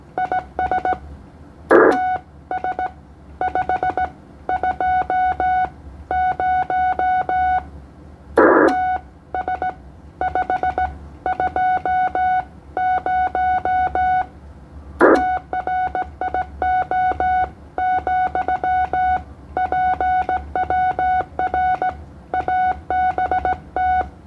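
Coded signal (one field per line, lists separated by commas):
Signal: Morse code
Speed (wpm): 16 wpm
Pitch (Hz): 740 Hz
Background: none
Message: IS TS520 TS520 TRIO , PWR ABT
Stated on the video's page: CW DX contact on the 15m band (21 MHz) between Indonesia and the Philippines at 20 watts.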